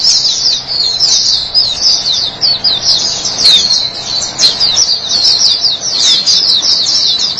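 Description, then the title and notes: White-eye giving quick, high twittering song, a busy chatter of slurred notes. Chirping song. "Suara kicauan burung pleci"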